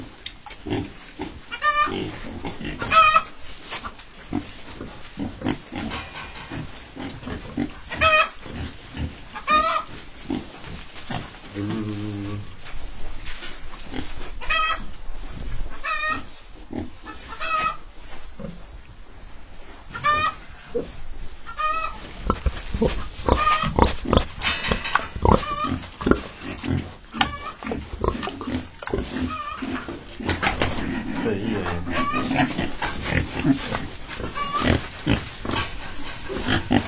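Pigs grunt and squeal throughout a visit to a home-built pig pen, with sharp, bright calls recurring every second or two. A brief low rumble near twelve seconds, a quieter pause around eighteen to twenty, then busier, denser squealing with occasional speech.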